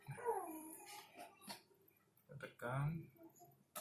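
A DDR4 SO-DIMM memory module, already inserted at an angle into the memory slot of an Asus A442UR laptop, is being pressed down toward the metal retaining clips while someone talks. Brief handling sounds are heard, with a short sharp noise at the very end around 3.8 s. Nothing has seated or clicked yet when the clip ends.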